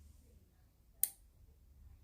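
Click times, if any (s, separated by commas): 1.0 s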